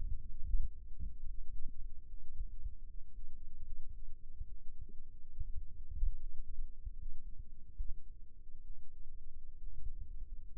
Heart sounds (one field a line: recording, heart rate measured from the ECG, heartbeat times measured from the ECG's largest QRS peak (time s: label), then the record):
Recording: heart sounds by microphone in the right ear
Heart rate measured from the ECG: 72 bpm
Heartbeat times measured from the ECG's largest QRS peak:
0.44 s: heartbeat
1.24 s: heartbeat
2.05 s: heartbeat
2.85 s: heartbeat
3.64 s: heartbeat
4.46 s: heartbeat
5.30 s: heartbeat
6.16 s: heartbeat
6.95 s: heartbeat
7.77 s: heartbeat
8.62 s: heartbeat
9.58 s: heartbeat
10.49 s: heartbeat
From the record:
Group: healthy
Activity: rest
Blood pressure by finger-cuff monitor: 86/60 mmHg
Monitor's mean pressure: 71 mmHg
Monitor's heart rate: 73 bpm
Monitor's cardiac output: 6.4 L/min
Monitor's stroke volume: 87 mL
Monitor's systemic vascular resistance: 780 dyn s/cm5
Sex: male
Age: 22 years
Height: 181 cm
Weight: 79 kg